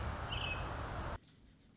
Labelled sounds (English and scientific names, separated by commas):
American Robin (Turdus migratorius)